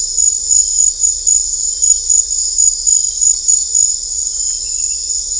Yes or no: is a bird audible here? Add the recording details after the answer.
no. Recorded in dense forest near Puerto Asís, Putumayo, Colombia, on 16 December 2024 at 20:00. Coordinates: 0.500, -76.322. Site G053